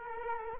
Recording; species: mosquito wingbeat signal from an infrared sensor; Culex quinquefasciatus